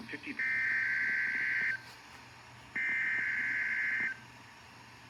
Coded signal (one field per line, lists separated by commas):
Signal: Emergency Alert System (SAME) tones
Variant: header bursts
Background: speech